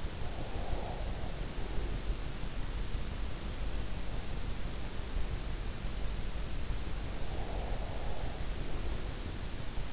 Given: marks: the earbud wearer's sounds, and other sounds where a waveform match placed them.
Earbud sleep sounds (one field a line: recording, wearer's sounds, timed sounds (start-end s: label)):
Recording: sounds in sleep by an in-ear microphone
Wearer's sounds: breath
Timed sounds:
0.00-2.12 s: breath
7.22-9.18 s: breath